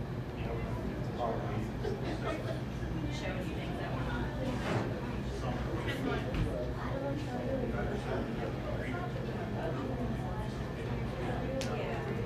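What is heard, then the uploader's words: A buzzing coffee shop fills with overlapping conversation, a dense, steady murmur of many voices with no single speaker standing out. Occasional brighter clinks and clatters pop through every second or two, over a constant low hum underneath. A buzzing coffee shop.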